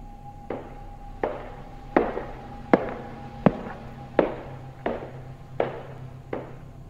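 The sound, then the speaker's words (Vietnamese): Slow, steady footsteps, about nine evenly spaced thuds on a wooden staircase, each leaving a short echoing tail in a large house built with much wood. No one speaks. “Căn nhà vốn dĩ đã rộng, lại nhiều gỗ, cho nên tiếng vọng bước chân rõ lắm, từng bước một.”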